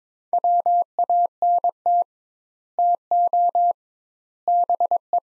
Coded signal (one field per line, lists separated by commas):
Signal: Morse code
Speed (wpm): 22 wpm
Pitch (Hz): 700 Hz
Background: none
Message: WANT TO BE